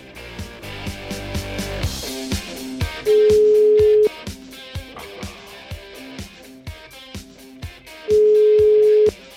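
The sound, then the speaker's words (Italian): A phone line rings out with two long, steady ringback tones several seconds apart as a telephone call is placed to a man, heard over a busy, rhythmic music bed with sharp regular beats. “Io cercherei di pizzicarlo telefonicamente, questo signore, perché gli voglio chiedere alcune cose su il sesso e l'Islam.”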